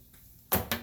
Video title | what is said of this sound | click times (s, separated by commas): STOP Banging Your Head on Your RV Storage Compartment Door By Installing a Longer RV Gas Shock Strut | pops right off | 0.5 s, 0.7 s